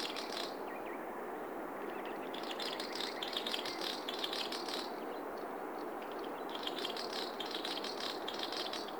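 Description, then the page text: Swinhoe's snipe producing repeated bouts of fast, dry, clicking rattles, three bursts separated by short pauses, over a steady hissing background. "Patrick Franke - Лесной дупель (Gallinago megala)"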